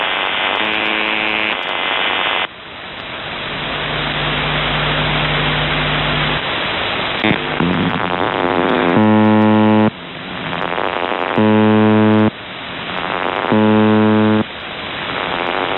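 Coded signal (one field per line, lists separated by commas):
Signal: numbers station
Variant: UVB-76 (The Buzzer)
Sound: hissing static, then three harsh one-second low buzzes about two seconds apart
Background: radio static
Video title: The Buzzer/UVB-76(4625Khz) June 2nd, 2023 09:49UTC Voice message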